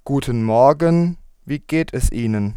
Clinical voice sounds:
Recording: spoken sentence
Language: German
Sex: male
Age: 20 to 29 years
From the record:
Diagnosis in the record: healthy voice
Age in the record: 21 years

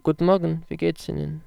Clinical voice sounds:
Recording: spoken sentence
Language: German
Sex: male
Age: 20 to 29 years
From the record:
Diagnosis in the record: functional dysphonia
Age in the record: 20 years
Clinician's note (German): Leichte Form; Stottern

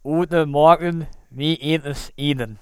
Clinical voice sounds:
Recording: spoken sentence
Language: German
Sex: male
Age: 30 to 39 years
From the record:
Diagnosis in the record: hypernasality, velopharyngoplasty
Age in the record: 36 years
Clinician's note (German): Bei LKG-Spalte, und Zustand nach Velopharyngoplastik

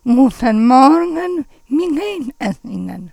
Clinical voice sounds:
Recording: spoken sentence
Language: German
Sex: female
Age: 60 to 69 years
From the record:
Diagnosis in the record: hypernasality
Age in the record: 62 years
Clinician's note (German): Nach Tonsillen-Ca OP

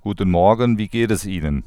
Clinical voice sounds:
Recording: spoken sentence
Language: German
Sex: male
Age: 30 to 39 years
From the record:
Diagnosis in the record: healthy voice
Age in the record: 39 years

